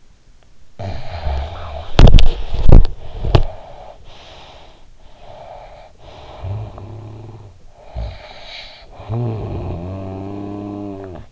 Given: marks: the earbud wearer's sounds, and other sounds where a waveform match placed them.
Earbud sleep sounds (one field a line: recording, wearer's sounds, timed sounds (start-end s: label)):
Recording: sounds in sleep by an in-ear microphone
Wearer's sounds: snoring breath, body movement, breath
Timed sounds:
0.56-2.92 s: snoring breath
1.96-3.73 s: body movement
3.09-4.90 s: breath
4.99-7.64 s: snoring breath
7.77-11.32 s: snoring breath